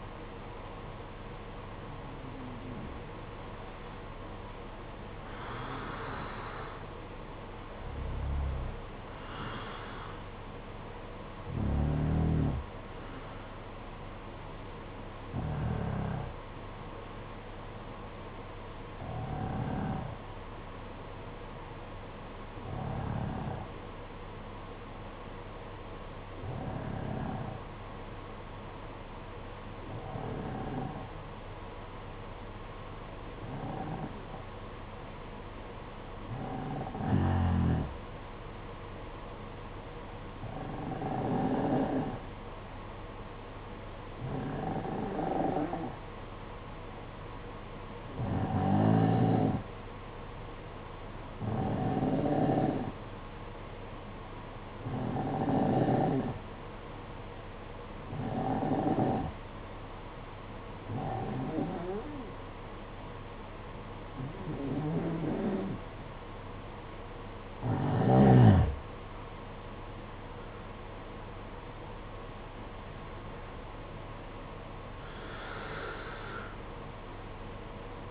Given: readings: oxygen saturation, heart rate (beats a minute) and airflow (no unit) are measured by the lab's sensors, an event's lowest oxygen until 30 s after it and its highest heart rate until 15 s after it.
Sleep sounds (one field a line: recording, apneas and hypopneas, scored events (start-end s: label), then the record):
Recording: breathing in sleep by a voice recorder at the bedside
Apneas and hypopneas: 1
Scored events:
17.00-66.70 s: hypopnea (N1, oxygen 95% highest, then 90% lowest, heart rate 54 at the start, 63 highest)
27.00-78.11 s: new sleep stage, N2 (light sleep)
From the record:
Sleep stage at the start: N1 (lightest sleep)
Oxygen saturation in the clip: 90 to 95%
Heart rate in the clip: 53 to 64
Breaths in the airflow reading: 23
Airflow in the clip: -8.9 to 9.7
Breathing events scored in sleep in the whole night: 476 in 9.7 hours asleep